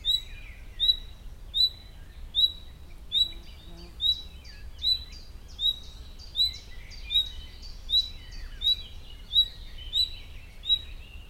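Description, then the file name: Common nightingale: a short, sharp whistled note repeated steadily about every 0.8 seconds, with softer chattering notes and a low background rumble. "Luscinia megarhynchos"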